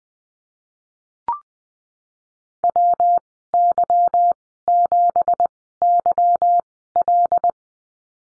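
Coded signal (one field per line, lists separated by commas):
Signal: Morse code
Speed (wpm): 20 wpm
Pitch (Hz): 700 Hz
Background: none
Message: WY7YL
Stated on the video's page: Morse course lesson on the number 9 and call signs, Farnsworth spacing at 20/10 wpm.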